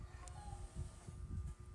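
A locking plastic cap is handled over a filled dishwashing-liquid bottle, with low rumbling handling noise, steady background tones and a brief faint tick near 0.3 s. The cap has not locked shut or seated on the bottle yet.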